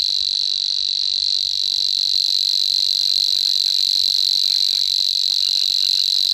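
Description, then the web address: Savi's warbler giving an unbroken, rapid, mechanical reeling trill, steady in pitch and loudness from start to finish. "agykontroll Madardalok Cd 3. Nádi tücsökmadár"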